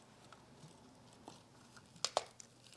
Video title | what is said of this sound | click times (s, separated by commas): TESTING THE NEW T3 MICRO AIREBRUSH DUO HAIR DRYER BRUSH - SHEILA LLIBRE (Not Sponsored) | push it in and then click it and as soon as you hear that click that means it's in there for good | 2.0 s, 2.2 s